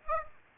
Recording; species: mosquito wingbeat signal from an infrared sensor; Aedes aegypti